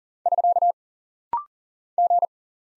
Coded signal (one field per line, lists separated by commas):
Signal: Morse code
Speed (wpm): 40 wpm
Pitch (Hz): 700 Hz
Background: none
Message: <SK> G